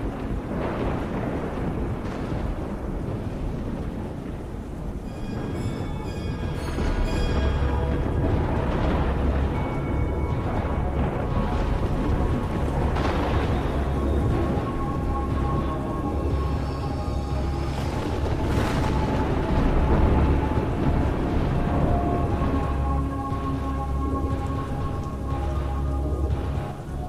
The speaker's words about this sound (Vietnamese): Từ trên bầu trời, giữa cơn mưa gió, một tia sét màu xanh lè giáng thẳng xuống ở trên chóp của ngôi chùa. Những tia lồi điện giật đèn đẹt ghê rợn. Tia sét to giáng xuống phá tan nóc của ngôi chùa.